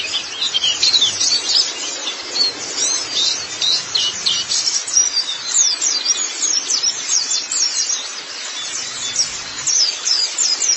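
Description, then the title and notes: White-eye singing in a continuous high, rapid twitter of sharp descending notes, packed closely and pulsing in loudness across the whole stretch. Long-duration recording of white-eye twittering song. "Kicauan Burung Pleci Durasi Panjang. Suara kicauan burung pleci"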